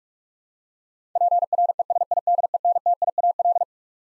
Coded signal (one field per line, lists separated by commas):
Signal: Morse code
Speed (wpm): 46 wpm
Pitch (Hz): 700 Hz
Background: none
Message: PRESIDENTIAL